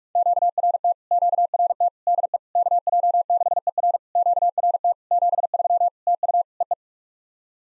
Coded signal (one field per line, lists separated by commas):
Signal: Morse code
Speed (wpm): 43 wpm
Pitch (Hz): 700 Hz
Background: none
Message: QRT QRT DE KJ6ER QRT 73 TU EE